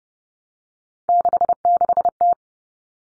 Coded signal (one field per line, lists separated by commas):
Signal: Morse code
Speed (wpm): 30 wpm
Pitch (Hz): 700 Hz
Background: none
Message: 66T